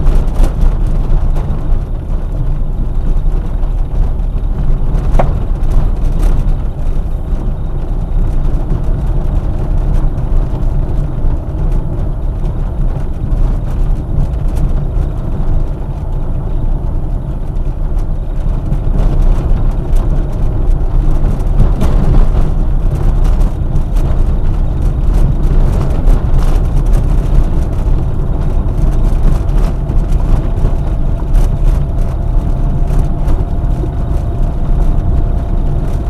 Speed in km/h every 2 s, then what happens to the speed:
16, 16, 20, 25, 26, 25, 25, 25, 24, 26, 26, 27, 27, 28, 29, 29, 29, 29.
0-7 speeds up to 26. 7-36 steady at about 26.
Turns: none.